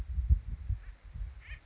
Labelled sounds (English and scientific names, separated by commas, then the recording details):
Acorn Woodpecker (Melanerpes formicivorus)
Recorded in Sonoma County, California